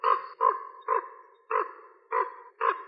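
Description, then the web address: Common raven giving six harsh, croaking caws at a steady pace, about two per second, each short and rough-toned, with short pauses between them. "Corvus corax"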